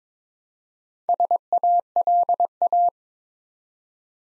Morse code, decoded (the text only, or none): SALA